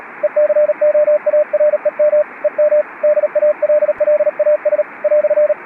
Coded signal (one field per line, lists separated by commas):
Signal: Morse code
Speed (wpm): 37 wpm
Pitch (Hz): 600 Hz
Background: radio noise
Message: ECOAREM EM DALLAS "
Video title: Do telégrafo à era digital - internet. A trajetória profissional de Dary Bonomi Avanzi